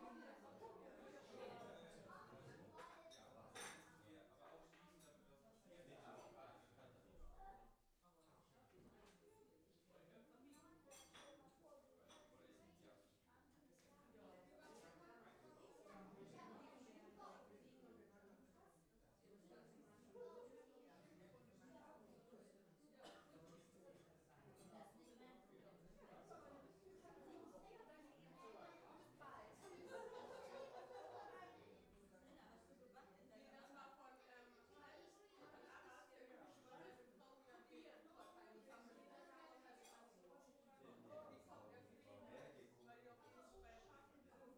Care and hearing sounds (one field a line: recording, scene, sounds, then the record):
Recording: everyday scene through a hearing-aid microphone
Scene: many people talking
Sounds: many voices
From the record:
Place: parish hall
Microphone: behind the ear, left, front